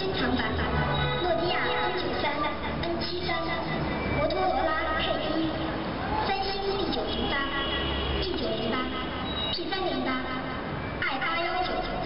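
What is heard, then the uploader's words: A woman's recorded voice echoes along a city street outside a restaurant, talking steadily with a hollow, ringing reverb off the buildings. A constant low traffic rumble runs underneath, with a few heavier vehicle passes around the middle. The sound is dull, with no crisp top end. China - surreal street advertisement reverb. Outside a restaurant, a woman's recorded voice reverberates off the buildings and through the urban sounds of central Beijing, China.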